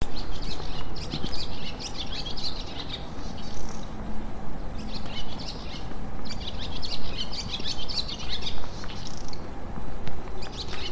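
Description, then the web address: Barn swallow song: several bursts of rapid, high twittering and chattering notes over steady low background noise. 12 June 2017. "saezuri tubame 20170612 kubo"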